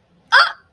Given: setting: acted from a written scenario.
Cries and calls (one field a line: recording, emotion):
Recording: vocal sound without words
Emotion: pain